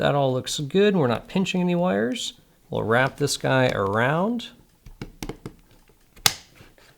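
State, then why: Seated. Someone talks while a plastic ear cup adapter is wrapped around an aviation headset ear cup, then a few small clicks and taps are heard as it is pressed on. A sharp snap at 6.3 s marks the adapter seating into place on the ear cup.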